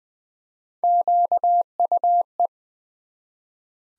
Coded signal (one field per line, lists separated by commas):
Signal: Morse code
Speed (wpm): 20 wpm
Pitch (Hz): 700 Hz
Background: none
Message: QUE